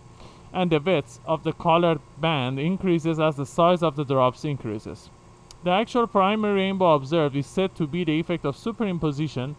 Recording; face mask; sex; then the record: reading aloud; surgical mask; male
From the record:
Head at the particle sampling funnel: facing it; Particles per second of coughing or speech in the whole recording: 0.101